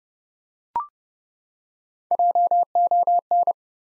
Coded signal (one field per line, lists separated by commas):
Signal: Morse code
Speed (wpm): 30 wpm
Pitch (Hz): 700 Hz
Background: none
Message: JON